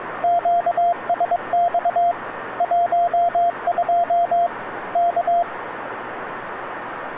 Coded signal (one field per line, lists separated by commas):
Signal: Morse code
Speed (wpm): 21 wpm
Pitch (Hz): 690 Hz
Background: radio noise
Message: QSX 12 K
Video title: KFS station 12695.5 KHz